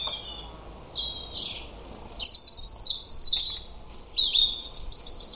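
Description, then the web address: European robin song, opening with soft thin whistles, then a long rapid run of high, tinkling, shifting notes and trills. "Deverinetal 2025 File origin Bird Only Er Ru"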